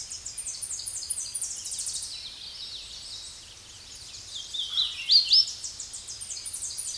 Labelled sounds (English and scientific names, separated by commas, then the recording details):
Hooded Warbler (Setophaga citrina) song
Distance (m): 20 m
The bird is about 15 m above the microphone
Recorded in a Pennsylvania forest on 16 May 2024 at 08:01
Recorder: AudioMoth, point MSD-2110
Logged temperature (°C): 16.4 °C
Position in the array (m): 37 m, 182 m